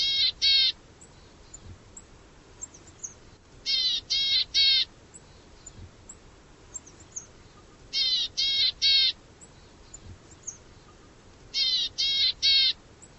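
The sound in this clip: Bird calls: groups of three short notes, repeated about every four seconds.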